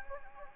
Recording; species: mosquito wingbeat signal from an infrared sensor; Anopheles gambiae